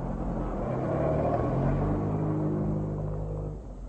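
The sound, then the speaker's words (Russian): A car engine labors up a hill to the crest of the first rise in a steady, loud low drone, its pitch creeping slightly higher before easing off near the end. No voices are heard. “Машина взяла гребень первого подъема.”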